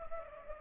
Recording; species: mosquito wingbeat signal from an infrared sensor; Culex pipiens